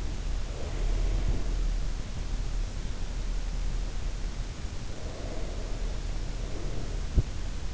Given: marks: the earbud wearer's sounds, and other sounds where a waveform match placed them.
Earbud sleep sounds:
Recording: sounds in sleep by an in-ear microphone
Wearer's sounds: breath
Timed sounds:
0.17-2.31 s: breath
4.69-7.74 s: breath

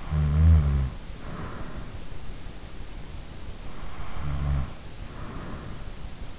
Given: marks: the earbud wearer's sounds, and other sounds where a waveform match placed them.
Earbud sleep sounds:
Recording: sounds in sleep by an in-ear microphone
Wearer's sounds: snoring breath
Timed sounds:
0.00-1.70 s: snoring breath
3.95-5.62 s: snoring breath

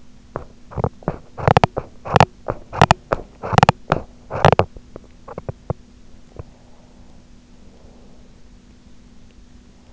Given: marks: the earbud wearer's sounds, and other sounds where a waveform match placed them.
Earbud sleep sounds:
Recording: sounds in sleep by an in-ear microphone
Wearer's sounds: teeth grinding, breath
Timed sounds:
0.00-6.07 s: teeth grinding
6.07-8.72 s: breath

